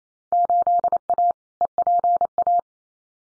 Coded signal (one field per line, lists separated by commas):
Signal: Morse code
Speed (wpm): 28 wpm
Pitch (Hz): 700 Hz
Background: none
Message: 8A EPA